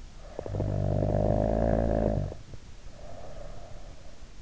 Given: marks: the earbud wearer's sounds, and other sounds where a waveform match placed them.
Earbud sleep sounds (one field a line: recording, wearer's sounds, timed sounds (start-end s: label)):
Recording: sounds in sleep by an in-ear microphone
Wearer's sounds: snoring breath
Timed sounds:
0.34-4.04 s: snoring breath